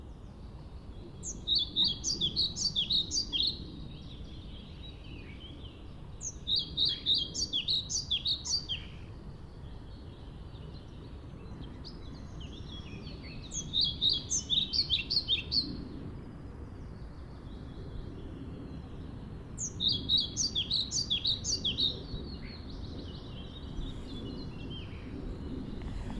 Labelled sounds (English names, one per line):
European Pied Flycatcher